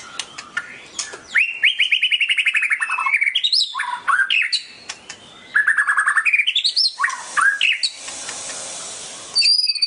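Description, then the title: Oriental magpie-robin singing in bursts: fast buzzy trills, rising whistled sweeps and a harsh hissing note near the end, with short pauses between phrases. "Kicau Kacer"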